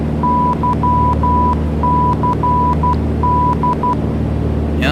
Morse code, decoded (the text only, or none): YCD